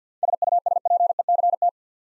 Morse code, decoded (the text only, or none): SUSPECT